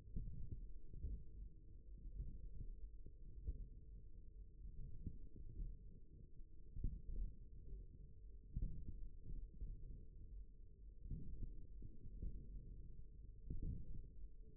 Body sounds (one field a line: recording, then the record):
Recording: forearm muscle sounds (acoustic myography)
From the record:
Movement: forearm supination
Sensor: system 1, eight BSWA MPA416 microphones around the upper forearm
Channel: 2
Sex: male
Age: 54 years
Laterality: right